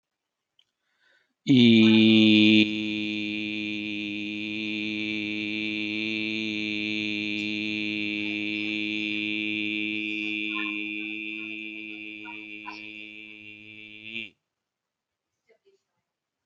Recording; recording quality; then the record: sustained vowel as in beet; excellent, no background noise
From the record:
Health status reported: healthy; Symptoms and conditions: none ticked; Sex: male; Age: 37 years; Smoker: not ticked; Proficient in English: yes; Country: India